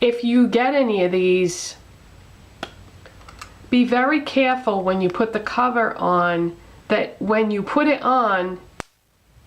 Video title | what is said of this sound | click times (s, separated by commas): NEUTROGENA AND LORAC PINK CHAMPAGNE LOOK | you snap it shut because if it doesn't snap | 8.8 s